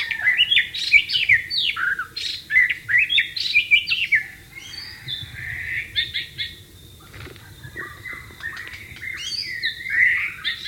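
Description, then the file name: White-rumped shama song: rich, varied whistled phrases sliding up and down with quick chattering notes, bursts of song with short pauses, a quieter stretch in the later part, steady low hum beneath. "suara burung murai batu di alam liar"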